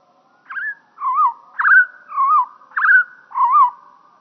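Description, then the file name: European pied flycatcher song, deepened: six clear whistled notes alternating a sharp upward flick with a wavering slur, about two per second. Pitch lowered ("moins deux"). "GOBEMOUCHE NOIR"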